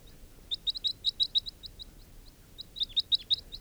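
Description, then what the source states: Crossbill flight calls, sharp high chips in two bursts of several notes each, with a short quiet gap between them. Wild male, flying low.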